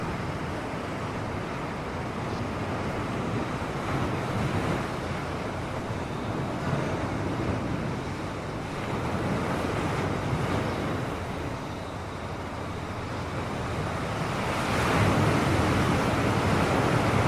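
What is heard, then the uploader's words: Sea waves make a steady, dense wash of sound that fills the whole clip, rumbling low and hissing up high. The level stays nearly even, with soft swells around ten seconds and a slightly louder surge from about fifteen seconds to the end. Sleepy Sea Waves Sounds for Deep Sleeping.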